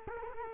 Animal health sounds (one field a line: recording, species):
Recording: mosquito wingbeat signal from an infrared sensor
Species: Culex quinquefasciatus